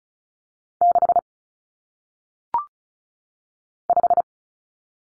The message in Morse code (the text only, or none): 6 5